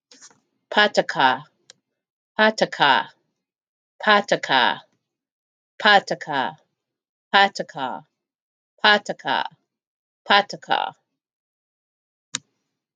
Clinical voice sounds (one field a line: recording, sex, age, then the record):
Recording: repeated syllables /pa ta ka/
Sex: female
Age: 50 to 59 years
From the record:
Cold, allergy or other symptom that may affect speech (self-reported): no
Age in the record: 56 years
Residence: Missouri, United States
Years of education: 12